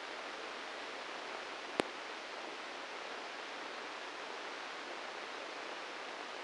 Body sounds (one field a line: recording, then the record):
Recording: brain microelectrode recording played as sound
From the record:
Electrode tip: inside the subthalamic nucleus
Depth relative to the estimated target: 4 mm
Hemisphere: right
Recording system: NeuroSet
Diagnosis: Parkinson's disease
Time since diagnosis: 9 years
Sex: male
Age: 56 years